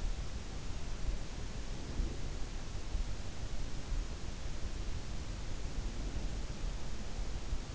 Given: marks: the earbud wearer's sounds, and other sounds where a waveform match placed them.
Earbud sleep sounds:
sounds in sleep by an in-ear microphone; breath
1.72-2.41 s: breath

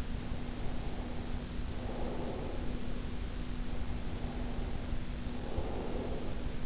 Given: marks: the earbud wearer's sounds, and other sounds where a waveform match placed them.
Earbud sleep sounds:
sounds in sleep by an in-ear microphone; breath
0.17-3.05 s: breath
3.65-6.66 s: breath

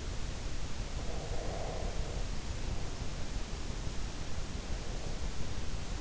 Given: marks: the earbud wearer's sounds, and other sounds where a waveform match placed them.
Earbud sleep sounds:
sounds in sleep by an in-ear microphone; breath
0.93-3.08 s: breath

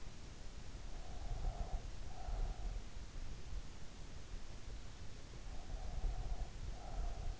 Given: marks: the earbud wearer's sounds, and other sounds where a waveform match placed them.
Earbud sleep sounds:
sounds in sleep by an in-ear microphone; breath
1.23-2.69 s: breath
5.57-7.40 s: breath

